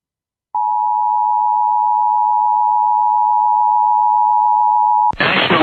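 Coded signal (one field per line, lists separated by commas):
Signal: Emergency Alert System (SAME) tones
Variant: 853 and 960 Hz attention tone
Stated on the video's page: Real severe thunderstorm warning EAS alert for Texas.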